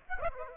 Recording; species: mosquito wingbeat signal from an infrared sensor; Aedes aegypti